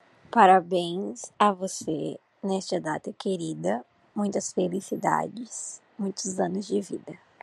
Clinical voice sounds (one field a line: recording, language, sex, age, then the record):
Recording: short text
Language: Brazilian Portuguese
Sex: female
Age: 18 to 19 years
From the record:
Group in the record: control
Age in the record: 19 years